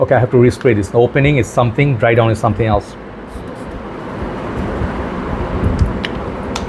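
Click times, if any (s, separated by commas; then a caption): 6.0 s, 6.6 s. Someone talks for about three seconds, then after a hissy background a cap is put back on a perfume bottle after the fragrance is resprayed. It snaps on with sharp clicks at 6.1 s and 6.6 s and seats into place.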